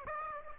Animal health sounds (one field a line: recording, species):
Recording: mosquito wingbeat signal from an infrared sensor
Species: Aedes aegypti